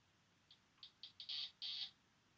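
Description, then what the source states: Sabana Surinam toad calling: a short run of high clicking pulses that speeds up and lengthens into two buzzy bursts, against steady hiss. Male Pipa parva vocalizing.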